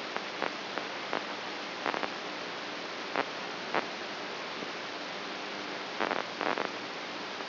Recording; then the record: brain microelectrode recording played as sound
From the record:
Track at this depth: inside the subthalamic nucleus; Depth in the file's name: 2.722 mm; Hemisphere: right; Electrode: 3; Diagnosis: Parkinson's disease